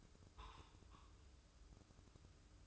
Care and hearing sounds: daily activity, microphone in the room; take from stove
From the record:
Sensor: 2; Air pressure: 995.3 hPa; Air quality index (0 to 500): 79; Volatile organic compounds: 3 ppm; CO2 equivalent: 1408 ppm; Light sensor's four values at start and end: 22/73/29/27 and 22/73/29/27

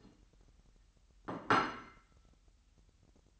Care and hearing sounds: daily activity, microphone in the room; place plate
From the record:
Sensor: 3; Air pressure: 1002.0 hPa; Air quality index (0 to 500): 246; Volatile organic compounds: 50 ppm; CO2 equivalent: 3301 ppm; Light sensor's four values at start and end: 12/36/16/13 and 12/36/16/13

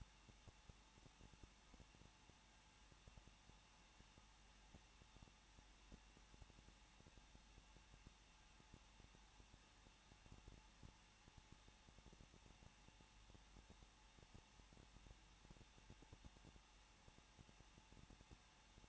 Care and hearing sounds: daily activity, microphone in the room; no activity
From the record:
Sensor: 1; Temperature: 20.1 degrees Celsius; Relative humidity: 39.0%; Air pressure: 1006.5 hPa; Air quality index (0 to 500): 216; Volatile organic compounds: 71 ppm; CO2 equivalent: 3532 ppm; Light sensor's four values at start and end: 1/2/1/1 and 1/2/1/1

